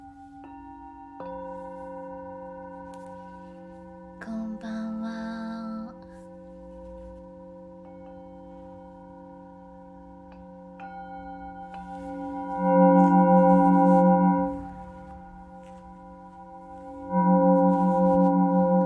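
A Tibetan singing bowl rings with long, steady tones that hang for the whole clip, several pure pitches layered together. The bowl is struck again near 1 second and 4 seconds, and swells louder with a pulsing wobble around 12–14 seconds and again from 17 seconds.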